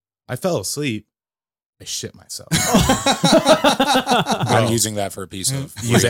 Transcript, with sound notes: I fell asleep. I shit myself. (laughing) I'm using that for a piece of music.